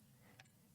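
An endoscope lens is inserted into a UroLift 2 delivery device and pushed home, giving a small, short tick at 0.4 s over a low steady hum. The lens is seated in the delivery device.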